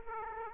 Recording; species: mosquito wingbeat signal from an infrared sensor; Aedes aegypti